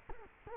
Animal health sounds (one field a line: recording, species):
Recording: mosquito wingbeat signal from an infrared sensor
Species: Culex quinquefasciatus